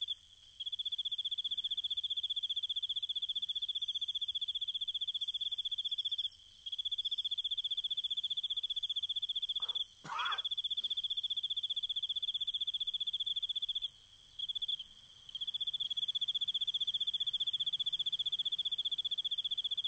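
A cricket chirps in a steady, high-pitched, unbroken trill, pausing only briefly a few times, with one short soft thump partway through and no talking.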